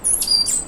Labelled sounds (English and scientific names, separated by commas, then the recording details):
Stitchbird (Notiomystis cincta) song
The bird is a male
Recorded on Tiritiri Matangi Island, New Zealand, in 2005
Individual 1, of nest box 1